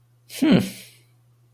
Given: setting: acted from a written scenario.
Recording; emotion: vocal sound without words; amusement